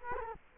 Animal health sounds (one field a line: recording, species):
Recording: mosquito wingbeat signal from an infrared sensor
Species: Culex quinquefasciatus